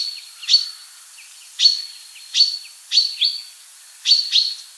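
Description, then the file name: Common chaffinch: sharp, high notes repeated about once a second, often paired, over a thin steady high whistle-like tone. "buchfinke"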